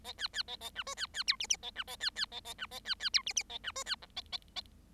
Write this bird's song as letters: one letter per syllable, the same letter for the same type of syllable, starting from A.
A B B A A C D B B E F F A C A B B A A C A B B E F F A C D B G A A A